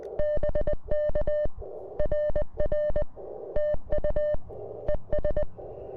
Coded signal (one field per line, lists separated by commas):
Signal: Morse code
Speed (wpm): 20 wpm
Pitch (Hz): 590 Hz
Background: none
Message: BK RR TU ES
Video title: KM4CFT Activates POTA with the CFT1